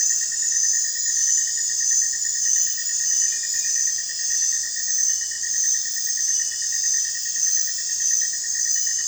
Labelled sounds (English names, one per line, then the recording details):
none
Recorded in dense forest near Puerto Asís, Putumayo, Colombia, on 22 June 2025 at 21:00
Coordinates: 0.468, -76.322
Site GP03